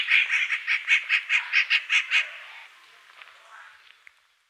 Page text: Rufous Treepie Calls. Quick Sounds